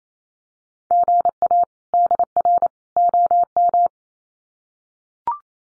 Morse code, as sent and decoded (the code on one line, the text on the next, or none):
--. .- / -.. .-. / --- --
GA DR OM